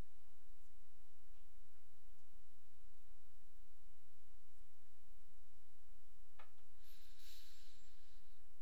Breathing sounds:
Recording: nose breathing near a microphone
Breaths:
6.47-8.62 s: inhalation
From the record:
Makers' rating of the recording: medium

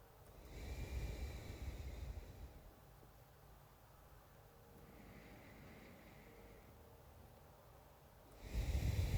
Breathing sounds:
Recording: nose breathing near a microphone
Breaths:
0.16-2.87 s: exhalation
4.68-7.03 s: inhalation
8.21-9.17 s: exhalation
From the record:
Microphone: phone

